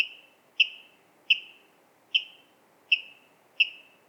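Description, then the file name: Water rail calls: sharp, high notes with a brief ringing tail, repeated steadily about every 0.7 seconds, several in all, over quiet background. "Waterral Rallus aquaticus"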